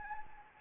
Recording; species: mosquito wingbeat signal from an infrared sensor; Anopheles gambiae